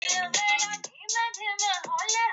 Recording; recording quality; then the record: deep breathing; poor, much background noise or distortion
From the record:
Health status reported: COVID-19 positive, mild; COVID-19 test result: positive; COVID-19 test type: RT-PCR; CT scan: not taken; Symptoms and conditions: asthma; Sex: male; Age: 23 years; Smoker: no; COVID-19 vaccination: one dose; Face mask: not worn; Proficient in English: yes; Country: India